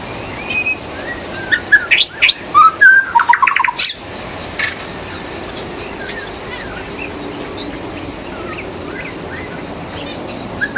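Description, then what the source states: White-rumped shama song, a short burst of varied whistles and rapid chattering notes, then mostly quiet hiss with faint chirps. In the forest.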